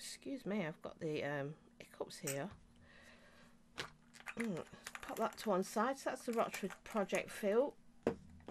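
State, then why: Seated. Someone talks while the rebuildable deck of a Kelpie RTA vape tank is popped into the tank and its metal and glass section is closed. A sharp click sounds at 8.1 s as the tank section snaps shut and seats, closing really well.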